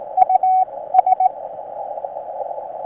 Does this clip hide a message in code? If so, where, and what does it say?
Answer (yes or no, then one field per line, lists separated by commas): yes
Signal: Morse code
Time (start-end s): 0.2-1.3 s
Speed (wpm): 22 wpm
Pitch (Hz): 750 Hz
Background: radio noise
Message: US